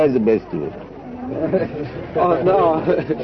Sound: laughter

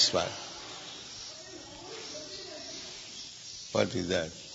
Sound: workers yelling in background

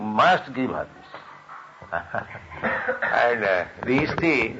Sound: chuckles

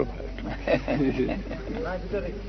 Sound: laughter

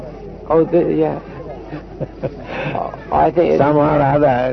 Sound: chuckling

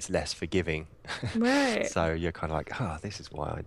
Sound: laugh

